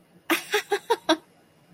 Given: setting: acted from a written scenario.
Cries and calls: vocal sound without words; amusement

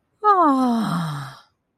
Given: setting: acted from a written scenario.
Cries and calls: vocal sound without words; contentment

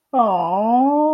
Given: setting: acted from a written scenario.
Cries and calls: vocal sound without words; disappointment

